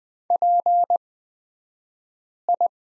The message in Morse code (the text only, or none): PI